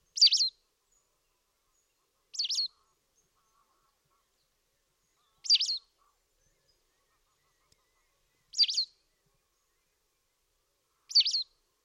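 White wagtail calling, five short, bright double-noted chirps given every few seconds against a quiet background.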